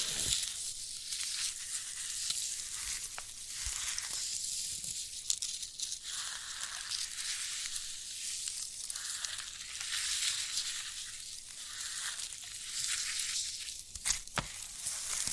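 Crisp, crackly handling of a sprouted coconut, a dense bright rustle that runs steadily throughout with no pauses. Sharper snaps and taps stand out near the start, around four and five seconds, and again near fourteen seconds, over a faint low rumble.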